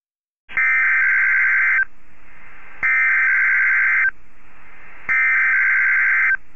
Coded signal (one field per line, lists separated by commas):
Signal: Emergency Alert System (SAME) tones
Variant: header bursts